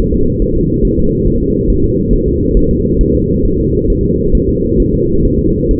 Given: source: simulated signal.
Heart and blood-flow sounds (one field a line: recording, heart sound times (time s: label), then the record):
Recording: fetal heart sounds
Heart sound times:
0.14 s: S2
0.42 s: S1
0.57 s: S2
0.85 s: S1
0.99 s: S2
1.27 s: S1
1.42 s: S2
1.70 s: S1
1.84 s: S2
2.13 s: S1
2.28 s: S2
2.57 s: S1
2.71 s: S2
3.01 s: S1
3.15 s: S2
3.45 s: S1
3.60 s: S2
3.90 s: S1
4.04 s: S2
4.35 s: S1
4.49 s: S2
4.80 s: S1
4.94 s: S2
5.25 s: S1
5.40 s: S2
5.71 s: S1
From the record:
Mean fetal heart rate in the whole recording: 135 bpm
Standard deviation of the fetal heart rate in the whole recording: 3 bpm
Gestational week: 36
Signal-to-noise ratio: -15.3 dB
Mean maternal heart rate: 72 bpm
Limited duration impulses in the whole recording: present